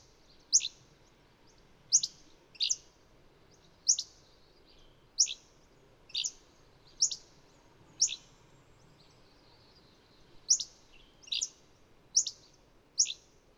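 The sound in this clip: Bird chirps, short bright high notes sounded singly or in pairs about once a second, over a low steady background hiss.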